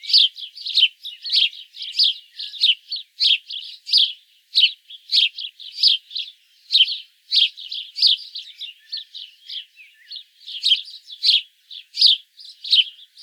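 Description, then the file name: House sparrow chirping: loud, short, repeated chirps in uneven bursts, roughly one or two per second, continuing steadily throughout with little pause. "Passer domesticus"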